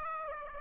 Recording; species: mosquito wingbeat signal from an infrared sensor; Aedes aegypti